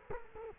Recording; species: mosquito wingbeat signal from an infrared sensor; Culex quinquefasciatus